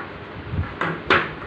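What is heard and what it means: A plastic poultry drinking-water regulator or fitting is pushed home directly onto a poultry drinker water line without adjusting it. A sharp click is heard at 0.8 s as the fitting locks into place, followed by another louder snap at about 1.1 s. The fitting is seated and locked.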